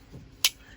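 After a 10/15 limiter block and retaining plate are installed in a Star Model 30M pistol magazine, the magazine base plate is slid back onto the magazine body. A single sharp, bright snap sounds at 0.5 s as the base plate locks into place under spring tension, seating it.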